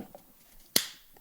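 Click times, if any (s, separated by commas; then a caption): 0.8 s. A knife blade is pushed back into a molded sheath with rubber grommet retention, and it snaps into place with one sharp, bright click at 0.8 s, with only faint soft sounds before and after. The knife is seated and held so firmly it cannot be shaken out.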